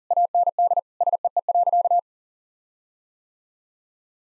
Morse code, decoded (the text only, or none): AND SEE.